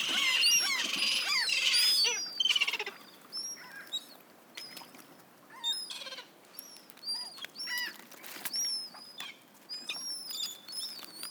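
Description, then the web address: Gulls crying: a loud cluster of calls at the start, then scattered thin mewing notes. "best service Blue Box birds seagulls"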